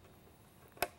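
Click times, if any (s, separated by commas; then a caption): 0.8 s. A wiring harness plug is pushed into the top locking connector of a Whelen CenCom Sapphire siren amplifier control module. After a couple of faint ticks, a single sharp click rings out at 0.8 s as the plug pops into place and seats.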